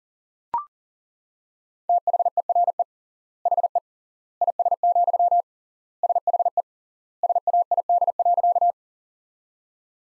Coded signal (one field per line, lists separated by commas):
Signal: Morse code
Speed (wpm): 40 wpm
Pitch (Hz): 700 Hz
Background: none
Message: THERE HE IS, SHE SAID.